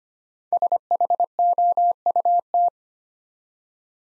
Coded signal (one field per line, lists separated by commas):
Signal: Morse code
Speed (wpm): 25 wpm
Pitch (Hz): 700 Hz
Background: none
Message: SHOUT